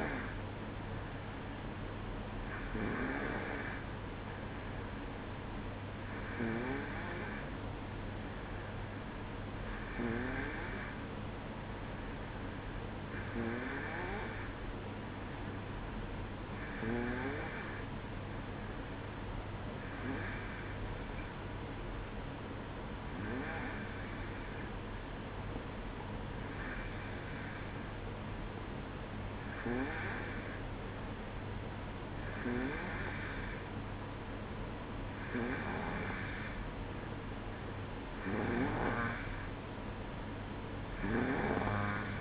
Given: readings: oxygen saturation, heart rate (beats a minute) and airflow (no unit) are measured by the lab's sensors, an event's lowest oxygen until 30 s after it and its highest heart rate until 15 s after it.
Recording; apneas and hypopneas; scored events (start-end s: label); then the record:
breathing in sleep by a voice recorder at the bedside; 1
4.00-38.10 s: hypopnea (N2, oxygen 94% highest, then 91% lowest, heart rate 62 at the start, 65 highest)
From the record:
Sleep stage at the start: N2 (light sleep); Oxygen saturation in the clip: 92 to 94%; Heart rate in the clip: 60 to 65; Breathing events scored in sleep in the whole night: 305 in 9.6 hours asleep